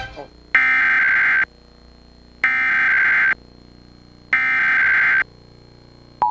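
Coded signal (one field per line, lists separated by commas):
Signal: Emergency Alert System (SAME) tones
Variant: header bursts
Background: speech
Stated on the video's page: WYFF 4 relay of South Carolina's June Required Monthly Test EAS alert, audio monitored from the GWES ERN relay network.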